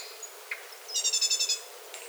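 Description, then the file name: Great tit giving a single quick rattle of several harsh, evenly spaced notes after a brief quiet start. "Parus major"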